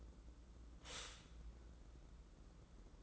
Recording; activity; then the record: daily activity, microphone in the room; stop toaster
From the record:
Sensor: 3